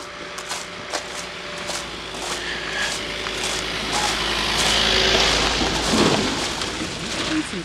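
An old diesel car rolls past, its low, rough engine rumble and road noise swelling steadily to a peak before starting to fade away.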